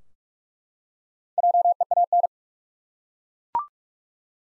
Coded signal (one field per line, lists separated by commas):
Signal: Morse code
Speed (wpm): 47 wpm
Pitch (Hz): 700 Hz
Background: none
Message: JEAN